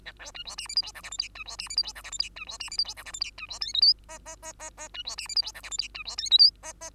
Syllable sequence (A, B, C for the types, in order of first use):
A B C D E F G H I J K L C D E F G H I J K L C D E F G H I J K L C D M N O P P P P P C D E F G H I J K L C D M N O P P